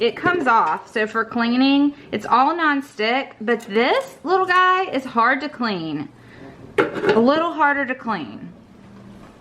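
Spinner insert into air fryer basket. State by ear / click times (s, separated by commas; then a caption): not seated / none. Someone talks while handling a removable non-stick spinner insert for an air fryer basket, with faint clinks of the part audible under the speech and a sharp knock at about 6.8 s. The insert is about to be pushed back into the air fryer basket, but nothing has seated or clicked yet.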